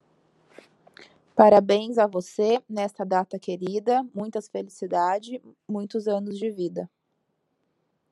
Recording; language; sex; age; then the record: short text; Brazilian Portuguese; female; 20 to 29 years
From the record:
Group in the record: control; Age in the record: 27 years